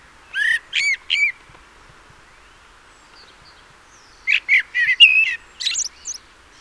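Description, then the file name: Common blackbird song: a brief trio of rich whistled notes, a pause of three seconds, then a longer warbling phrase with chattering high notes at the end. "Turdus merula"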